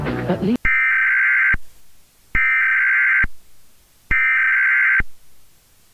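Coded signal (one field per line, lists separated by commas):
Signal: Emergency Alert System (SAME) tones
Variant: header bursts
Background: speech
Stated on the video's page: Loud EAS tones in a fictional scenario.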